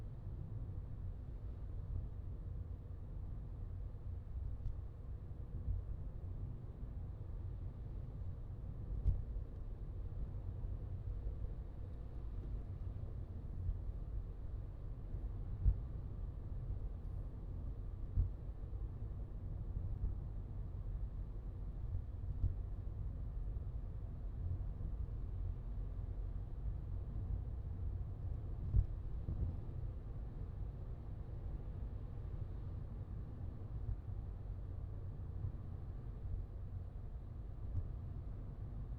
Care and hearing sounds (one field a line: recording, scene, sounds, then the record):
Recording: everyday scene through a hearing-aid microphone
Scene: in a vehicle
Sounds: engine, traffic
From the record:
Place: Skoda Fabia, gasoline engine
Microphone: in the ear canal, left